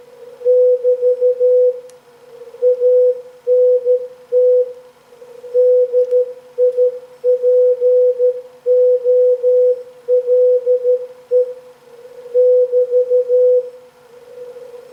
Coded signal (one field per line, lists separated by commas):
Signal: Morse code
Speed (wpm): 13 wpm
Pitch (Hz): 500 Hz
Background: none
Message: <BT> ANT DIPOLE <BT>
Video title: 2018.01.28 Z33T/B 1Watt Radio-Beacon on 3.579 MHz